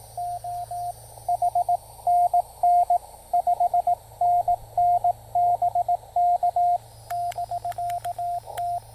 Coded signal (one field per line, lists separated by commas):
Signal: Morse code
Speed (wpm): 18 wpm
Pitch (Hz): 700 Hz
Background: radio noise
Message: O H NN 5NN BK <BK> T